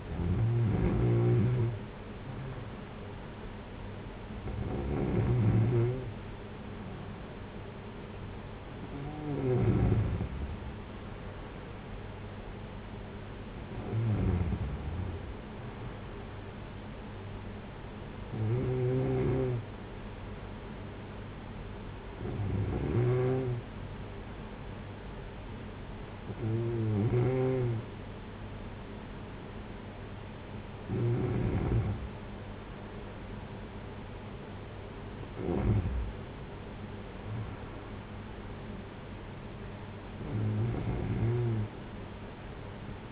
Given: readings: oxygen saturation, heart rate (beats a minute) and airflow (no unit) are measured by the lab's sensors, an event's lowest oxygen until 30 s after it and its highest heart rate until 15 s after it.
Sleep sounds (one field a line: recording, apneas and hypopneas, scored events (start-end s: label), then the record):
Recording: breathing in sleep by a voice recorder at the bedside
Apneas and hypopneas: none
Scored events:
none scored
From the record:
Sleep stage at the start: N2 (light sleep)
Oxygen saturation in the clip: 93 to 95%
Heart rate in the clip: 54 to 62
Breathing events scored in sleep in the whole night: 226 in 8.8 hours asleep